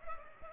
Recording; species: mosquito wingbeat signal from an infrared sensor; Culex pipiens